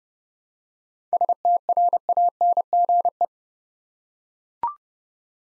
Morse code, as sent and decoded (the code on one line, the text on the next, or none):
... - .-. .- -. --. .
STRANGE